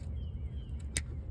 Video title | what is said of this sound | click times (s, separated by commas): How To Replace Your EVAP Purge Valve Solenoid (Fault Code P0441 Fix) | Reconnect this electrical till it clicks. | 1.0 s